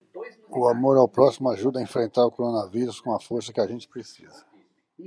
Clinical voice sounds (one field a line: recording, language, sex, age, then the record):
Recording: spoken sentence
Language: Brazilian Portuguese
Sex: male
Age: 50 to 59 years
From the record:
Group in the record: control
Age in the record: 59 years